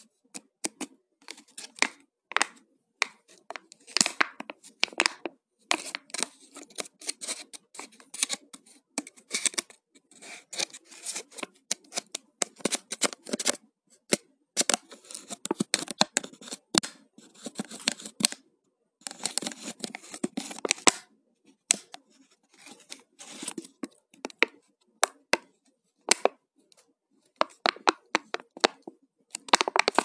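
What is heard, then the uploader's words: Plastic being handled, crinkling and snapping in quick, irregular bursts of crisp, bright clicks. The crackling runs through the whole stretch with brief pauses, notably around the twentieth second and again near the end. ASMR - Plastic sounds.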